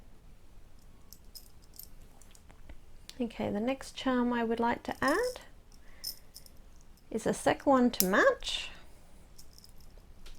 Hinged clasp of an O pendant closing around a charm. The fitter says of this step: And as you've just heard that click shut, that's how you can shut your O pendant.